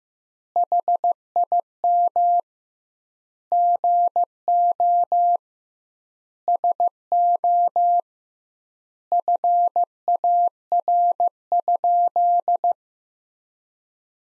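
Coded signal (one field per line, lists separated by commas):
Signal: Morse code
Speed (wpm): 15 wpm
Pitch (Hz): 700 Hz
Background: none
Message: HIM GO SO FAR?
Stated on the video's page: Practice sentences from the top 300 words at 15 wpm with double word spacing, a word-based variant of Farnsworth spacing.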